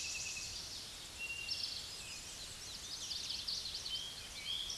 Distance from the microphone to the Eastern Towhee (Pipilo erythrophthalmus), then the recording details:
about 20 m. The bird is about 5 m above the microphone. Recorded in a Pennsylvania forest on 16 May 2024 at 06:30. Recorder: AudioMoth, point MSD-1342. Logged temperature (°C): 15.5 °C. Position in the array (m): 230 m, 166 m